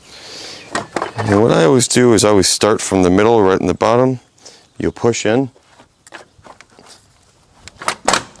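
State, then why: Seated. A plastic front trim panel is pushed back onto a Jeep's front body after the tow wire harness is routed, pressing first at the middle bottom. Someone talks over soft rustling, then the plastic push clips snap into the body with sharp clicks at 7.9 s and 8.1 s, and the panel is seated.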